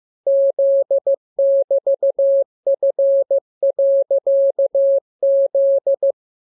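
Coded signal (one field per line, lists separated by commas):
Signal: Morse code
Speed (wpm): 15 wpm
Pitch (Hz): 550 Hz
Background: none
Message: Z<BT>F.Z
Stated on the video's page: Morse receiving lesson covering letters and punctuation; radiograms begin with VVV and a section sign and end with AR.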